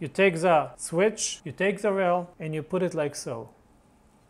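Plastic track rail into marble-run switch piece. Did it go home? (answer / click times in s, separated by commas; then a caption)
no / none. A plastic track rail is being handled and brought to a plastic marble-run switch piece while someone talks, with speech filling nearly the whole clip and quiet after about 3.5 seconds. Nothing has seated or clicked yet; the rail is not yet home in the switch.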